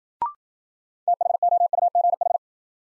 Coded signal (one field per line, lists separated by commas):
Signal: Morse code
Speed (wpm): 55 wpm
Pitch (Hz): 700 Hz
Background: none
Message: THOUGH